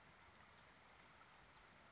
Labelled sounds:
Chestnut-backed Chickadee (Poecile rufescens)
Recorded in Sonoma County, California

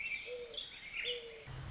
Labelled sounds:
Mourning Dove (Zenaida macroura)
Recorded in Sonoma County, California

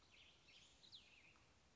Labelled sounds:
Cassin's Vireo (Vireo cassinii)
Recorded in Sonoma County, California

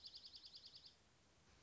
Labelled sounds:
Dark-eyed Junco (Junco hyemalis)
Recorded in Sonoma County, California

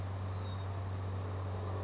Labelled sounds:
California Towhee (Melozone crissalis)
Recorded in Sonoma County, California

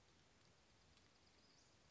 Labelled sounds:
Western Flycatcher (Empidonax difficilis)
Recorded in Sonoma County, California

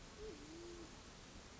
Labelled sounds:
Band-tailed Pigeon (Patagioenas fasciata)
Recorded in Sonoma County, California

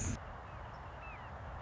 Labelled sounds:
Red-shouldered Hawk (Buteo lineatus)
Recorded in Sonoma County, California

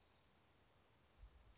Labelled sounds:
California Towhee (Melozone crissalis)
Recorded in Sonoma County, California

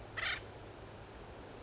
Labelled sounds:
Acorn Woodpecker (Melanerpes formicivorus)
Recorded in Sonoma County, California

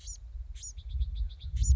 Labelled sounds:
Bewick's Wren (Thryomanes bewickii)
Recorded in Sonoma County, California

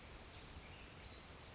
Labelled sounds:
Brown Creeper (Certhia americana)
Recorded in Sonoma County, California

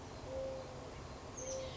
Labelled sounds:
Mourning Dove (Zenaida macroura)
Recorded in Sonoma County, California

